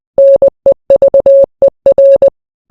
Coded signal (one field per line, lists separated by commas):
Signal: Morse code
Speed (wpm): 20 wpm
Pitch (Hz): 550 Hz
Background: none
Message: NEVER